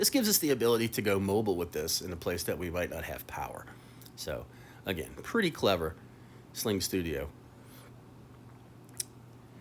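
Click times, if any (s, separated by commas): 9.0 s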